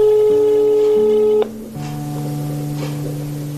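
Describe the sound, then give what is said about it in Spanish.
A phone line with steady, layered electronic tones that cut off and shift to new pitches partway through, like a dial tone giving way to dialing and call-progress tones, with no voices, as a call is placed to a mobile phone. “Oye, si yo te dejara llamarle desde nuestro teléfono, ¿le llamarías?”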